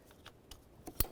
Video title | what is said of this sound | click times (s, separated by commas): How to Replace Knock Sensor 2006-10 Ford Explorer | Listen for that click, we'll give it a tug to make sure it's secure, lock it in. | 1.0 s